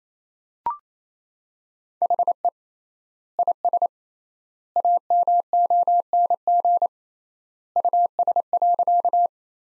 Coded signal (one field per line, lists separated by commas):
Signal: Morse code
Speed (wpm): 28 wpm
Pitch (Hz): 700 Hz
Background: none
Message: HE IS AMONG US.